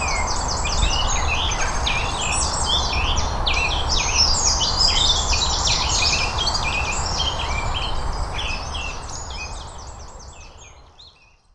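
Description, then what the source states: Birds singing high, rapid twittering phrases in a busy, overlapping chorus, fading out toward the end, with a steady low background rumble. On Cadbury Hill.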